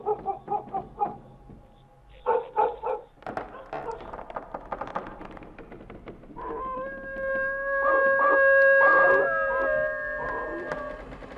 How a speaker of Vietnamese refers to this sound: Con chó nhà hàng xóm bấy giờ cứ chĩa sang bên này mà chu lên rồi cắn ông ầm.